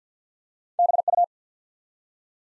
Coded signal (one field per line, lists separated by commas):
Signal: Morse code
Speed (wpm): 48 wpm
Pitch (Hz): 700 Hz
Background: none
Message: BU